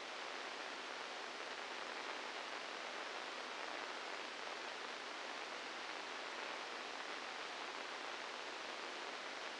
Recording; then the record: brain microelectrode recording played as sound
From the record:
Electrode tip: inside the subthalamic nucleus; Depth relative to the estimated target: 1 mm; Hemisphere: left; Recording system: NeuroSet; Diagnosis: Parkinson's disease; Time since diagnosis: 12 years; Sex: male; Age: 61 years